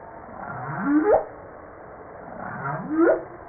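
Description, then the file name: Humpback whale song: two rising, whooping upsweeps about two seconds apart, each climbing steeply from a low groan. Recorded 5 March 1994. "Baleine a bosse 940305"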